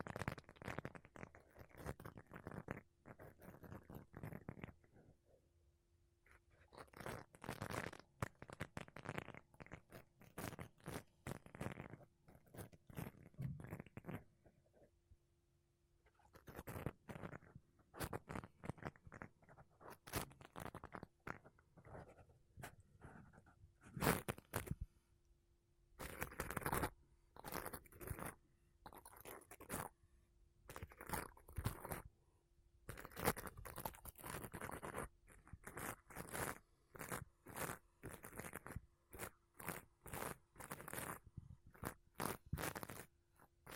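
Makeup brushes and a sponge sweep across a microphone in rapid, scratchy strokes that come in dense bursts, with short pauses around 5, 15 and 25 seconds. The brushing is crisp and full of fine crackle. A faint steady hum runs underneath throughout.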